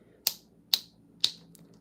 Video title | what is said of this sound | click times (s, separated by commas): Live Dimensional Gel Nail Art Tutorial with Gel Polish & Glitter! | the nails should click in three times I don't know if you'll be able to hear this but | 0.3 s, 0.7 s, 1.2 s, 1.6 s